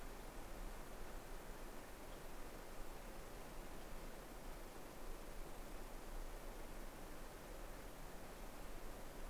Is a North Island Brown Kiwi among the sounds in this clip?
no